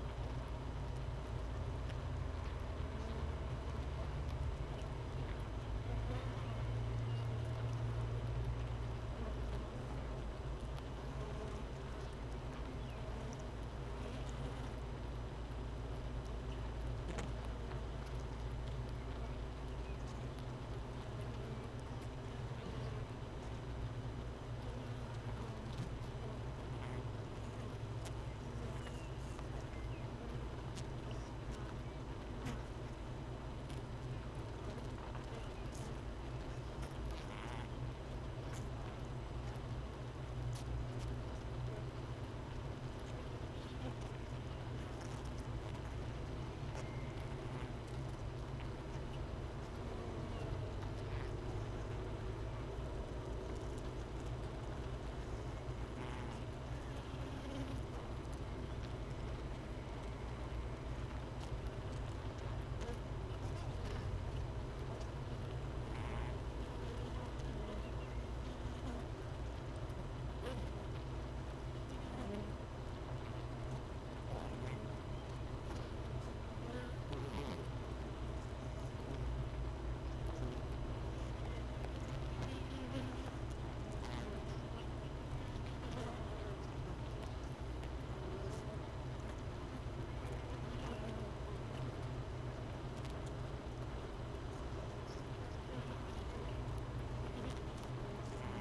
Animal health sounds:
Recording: honeybee colony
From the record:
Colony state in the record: missing queen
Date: 31 May 2018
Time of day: 13:44

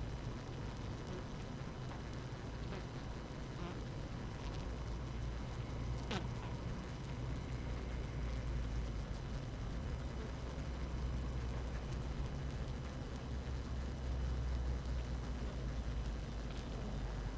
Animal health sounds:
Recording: honeybee colony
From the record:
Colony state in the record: active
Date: 12 June 2018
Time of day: 6:14

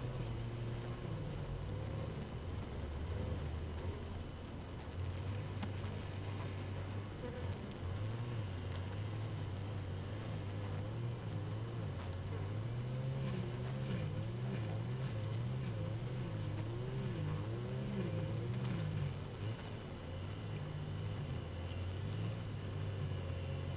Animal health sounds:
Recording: honeybee colony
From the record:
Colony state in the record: active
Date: 12 June 2018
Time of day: 4:20

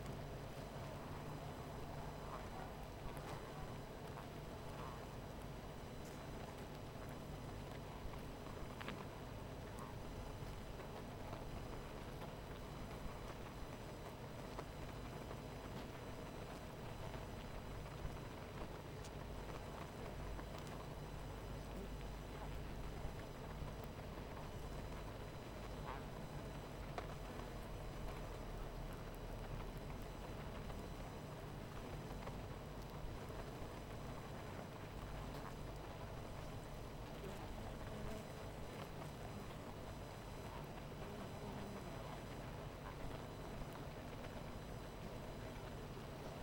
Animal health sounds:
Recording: honeybee colony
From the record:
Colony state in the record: missing queen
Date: 14 July 2017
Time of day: 18:06

